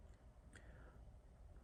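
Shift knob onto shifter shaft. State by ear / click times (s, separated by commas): seated / 0.6 s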